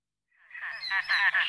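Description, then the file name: Great crested grebe giving a single harsh, nasal call that swells into a rough grating note. "podiceps cristatus"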